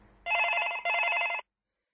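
A telephone in a doctor's office rings in two loud, bright bursts with a brief dip between them, a dense high-pitched metallic trill that cuts off abruptly into silence.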